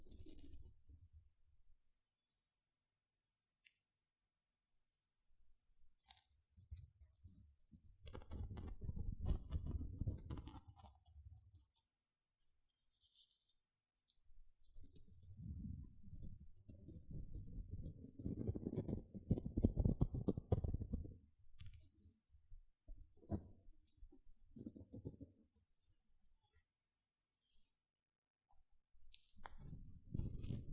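Gentle scratching comes in uneven bursts, with soft rough strokes around 8–12 seconds, a longer stretch from 15 to 26 seconds, and another at the very end. Between bursts there are near-silent pauses, while a thin hiss stays on top throughout.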